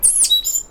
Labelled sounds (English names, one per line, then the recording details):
Stitchbird song
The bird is a male
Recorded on Tiritiri Matangi Island, New Zealand, in 2005
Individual 1, of nest box 1